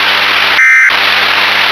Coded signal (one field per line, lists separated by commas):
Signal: Emergency Alert System (SAME) tones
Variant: end-of-message bursts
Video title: (EAS Mock) - The Irving EF1.